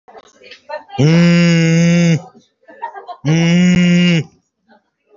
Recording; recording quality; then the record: sustained vowel as in made; poor, much background noise or distortion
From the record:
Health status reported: recovered from COVID-19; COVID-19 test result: positive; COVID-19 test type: RT-PCR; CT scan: not taken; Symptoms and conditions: cough, cold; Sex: male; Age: 40 years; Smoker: no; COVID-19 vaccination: both doses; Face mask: worn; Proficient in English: yes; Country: India